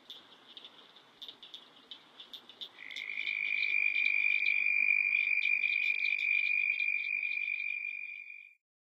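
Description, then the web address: Red-spotted toad trill: a steady high musical trill begins near three seconds and holds evenly for about six seconds before stopping. Recorded in North America. "Songs of Frogs Toads of North America. Red-spotted Toad"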